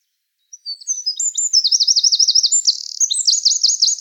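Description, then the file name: Eurasian wren singing a high, energetic strophe of quick notes running into rapid repeated trills, continuing to the end. "Troglodytes troglodytes"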